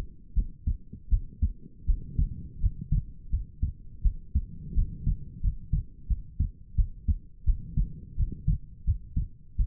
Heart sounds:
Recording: heart sounds by stethoscope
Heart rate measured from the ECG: 85 bpm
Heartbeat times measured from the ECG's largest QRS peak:
0.34 s: heartbeat
1.09 s: heartbeat
1.85 s: heartbeat
2.59 s: heartbeat
3.29 s: heartbeat
4.02 s: heartbeat
4.73 s: heartbeat
5.40 s: heartbeat
6.07 s: heartbeat
6.75 s: heartbeat
7.44 s: heartbeat
8.15 s: heartbeat
8.84 s: heartbeat
9.56 s: heartbeat
From the record:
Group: healthy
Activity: rest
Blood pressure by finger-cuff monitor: 73/52 mmHg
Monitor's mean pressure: 59 mmHg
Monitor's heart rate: 84 bpm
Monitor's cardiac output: 6.5 L/min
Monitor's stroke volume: 77 mL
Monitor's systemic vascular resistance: 640 dyn s/cm5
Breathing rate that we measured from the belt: 21 breaths a minute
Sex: female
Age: 19 years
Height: 163 cm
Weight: 48.9 kg

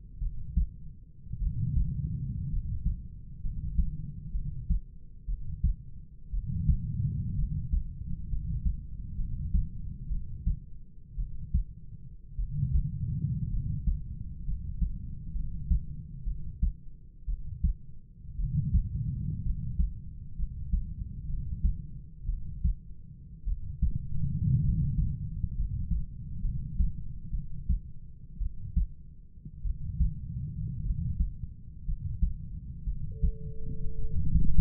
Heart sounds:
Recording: heart sounds by stethoscope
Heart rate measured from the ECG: 59 bpm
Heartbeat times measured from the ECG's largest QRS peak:
0.20 s: heartbeat
1.40 s: heartbeat
2.50 s: heartbeat
3.42 s: heartbeat
4.32 s: heartbeat
5.26 s: heartbeat
6.31 s: heartbeat
7.37 s: heartbeat
8.30 s: heartbeat
9.17 s: heartbeat
10.09 s: heartbeat
11.16 s: heartbeat
12.37 s: heartbeat
13.51 s: heartbeat
14.45 s: heartbeat
15.33 s: heartbeat
16.25 s: heartbeat
17.26 s: heartbeat
18.37 s: heartbeat
19.43 s: heartbeat
20.37 s: heartbeat
21.27 s: heartbeat
22.27 s: heartbeat
23.45 s: heartbeat
24.62 s: heartbeat
25.56 s: heartbeat
26.42 s: heartbeat
27.31 s: heartbeat
28.39 s: heartbeat
29.63 s: heartbeat
30.83 s: heartbeat
31.86 s: heartbeat
32.85 s: heartbeat
33.97 s: heartbeat
From the record:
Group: healthy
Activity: rest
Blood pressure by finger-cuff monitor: 102/51 mmHg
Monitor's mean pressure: 64 mmHg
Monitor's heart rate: 59 bpm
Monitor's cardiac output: 5.4 L/min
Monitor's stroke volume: 90 mL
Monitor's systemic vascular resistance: 830 dyn s/cm5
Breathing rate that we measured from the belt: 11 breaths a minute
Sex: male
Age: 25 years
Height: 170 cm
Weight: 70.4 kg

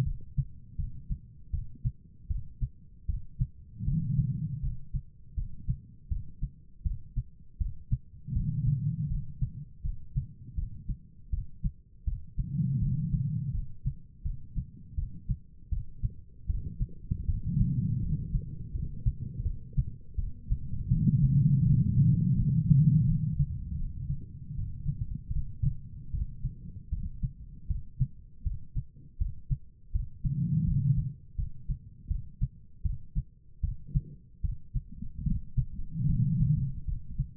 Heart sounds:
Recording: heart sounds by stethoscope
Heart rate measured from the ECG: 80 bpm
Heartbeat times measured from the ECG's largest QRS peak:
0.04 s: heartbeat
0.77 s: heartbeat
1.51 s: heartbeat
2.28 s: heartbeat
3.07 s: heartbeat
3.85 s: heartbeat
4.61 s: heartbeat
5.35 s: heartbeat
6.09 s: heartbeat
6.83 s: heartbeat
7.58 s: heartbeat
8.33 s: heartbeat
9.08 s: heartbeat
9.82 s: heartbeat
10.56 s: heartbeat
11.31 s: heartbeat
12.05 s: heartbeat
12.80 s: heartbeat
13.52 s: heartbeat
14.23 s: heartbeat
14.96 s: heartbeat
15.70 s: heartbeat
16.47 s: heartbeat
17.26 s: heartbeat
18.01 s: heartbeat
18.72 s: heartbeat
19.43 s: heartbeat
20.16 s: heartbeat
20.89 s: heartbeat
21.63 s: heartbeat
22.35 s: heartbeat
23.05 s: heartbeat
23.77 s: heartbeat
24.56 s: heartbeat
25.33 s: heartbeat
26.12 s: heartbeat
26.90 s: heartbeat
27.68 s: heartbeat
28.44 s: heartbeat
29.18 s: heartbeat
29.92 s: heartbeat
30.65 s: heartbeat
31.36 s: heartbeat
32.08 s: heartbeat
32.83 s: heartbeat
33.61 s: heartbeat
34.42 s: heartbeat
35.24 s: heartbeat
36.07 s: heartbeat
36.85 s: heartbeat
From the record:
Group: healthy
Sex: female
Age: 51 years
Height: 162 cm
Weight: 70.04 kg

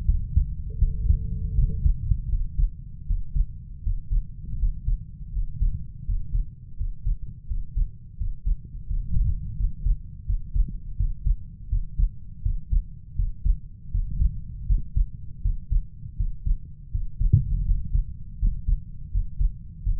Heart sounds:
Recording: heart sounds by stethoscope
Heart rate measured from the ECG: 82 bpm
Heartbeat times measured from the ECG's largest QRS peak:
0.07 s: heartbeat
0.81 s: heartbeat
1.57 s: heartbeat
2.31 s: heartbeat
3.09 s: heartbeat
3.85 s: heartbeat
4.60 s: heartbeat
5.34 s: heartbeat
6.07 s: heartbeat
6.79 s: heartbeat
7.49 s: heartbeat
8.19 s: heartbeat
8.89 s: heartbeat
9.58 s: heartbeat
10.28 s: heartbeat
10.98 s: heartbeat
11.71 s: heartbeat
12.44 s: heartbeat
13.18 s: heartbeat
13.93 s: heartbeat
14.68 s: heartbeat
15.44 s: heartbeat
16.18 s: heartbeat
16.93 s: heartbeat
17.67 s: heartbeat
18.41 s: heartbeat
19.13 s: heartbeat
19.85 s: heartbeat
From the record:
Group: healthy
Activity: Valsalva maneuver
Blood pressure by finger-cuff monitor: 145/85 mmHg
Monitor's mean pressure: 105 mmHg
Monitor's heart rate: 81 bpm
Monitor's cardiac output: 6.7 L/min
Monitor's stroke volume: 83 mL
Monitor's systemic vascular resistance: 1150 dyn s/cm5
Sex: male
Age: 21 years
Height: 175 cm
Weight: 72.6 kg

